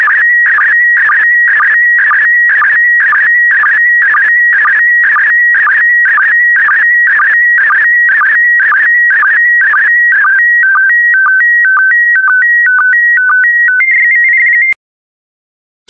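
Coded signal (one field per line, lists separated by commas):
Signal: SSTV (slow-scan television)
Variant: PD120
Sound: steady warbling whistle, a short low blip twice a second, stepping tones near the end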